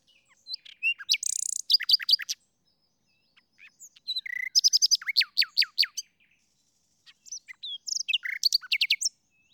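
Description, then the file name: Common nightingale singing three separate phrases, each built from fast repeated ringing notes mixed with whistles and sharp clicks, with short pauses between them. "Luscinia megarhynchos"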